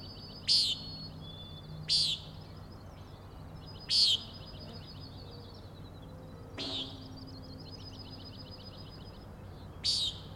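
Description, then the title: Common nighthawk peents, harsh nasal buzzes at irregular intervals, with a rapid high trilling chatter running underneath and a faint low hum. Three nighthawks (later one) peenting while flying in very close formation; Overlook, Schoodic Head, Acadia National Park, Winter Harbor, Maine; 16 June 2017, 4am. "Common Nighthawks, Schoodic Head 061617 4am"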